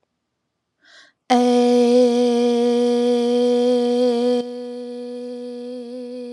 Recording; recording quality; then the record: sustained vowel as in made; excellent, no background noise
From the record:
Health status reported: healthy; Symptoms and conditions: none ticked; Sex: female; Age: 28 years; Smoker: not ticked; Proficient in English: yes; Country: United States